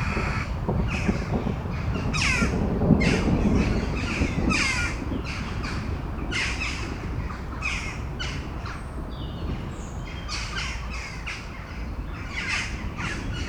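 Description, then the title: Crows cawing, loud rasping caws in clustered bursts with brief lulls, over a soft low rumble. Crows before a storm at Domaine de Tivoli, Mechelen, Belgium; Sony PCM-M10 internal microphones. "Domaine de Tivoli, Malines, Belgique, Belgium - Corneilles avant lorage - Crows before the storm"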